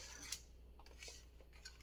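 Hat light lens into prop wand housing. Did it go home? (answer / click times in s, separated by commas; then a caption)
yes / 0.3 s. A resin-printed hat light lens is pressed into its mount on the housing of a plastic Hasbro Spengler Neutrona Wand prop, pushing into the cardboard. A sharp snap sounds at 0.3 s, followed by a few fainter small ticks and handling sounds. The light is seated and feels solid.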